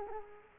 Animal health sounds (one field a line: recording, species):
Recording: mosquito wingbeat signal from an infrared sensor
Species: Culex quinquefasciatus